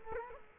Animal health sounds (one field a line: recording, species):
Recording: mosquito wingbeat signal from an infrared sensor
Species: Culex quinquefasciatus